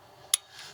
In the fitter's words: Once it stop, once it clicks, go to the next one.